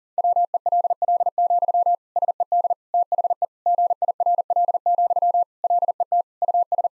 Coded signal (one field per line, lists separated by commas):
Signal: Morse code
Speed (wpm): 40 wpm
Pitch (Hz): 700 Hz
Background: none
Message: WELL, SED THE GIRL, LET US